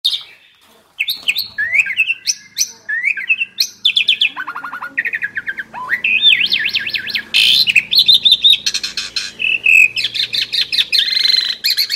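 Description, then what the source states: Asian pied starling song starting after a second: buzzy chatter, scratchy rattles and bright rising whistles strung together without stopping. Champion-grade songbird known locally as jalak suren.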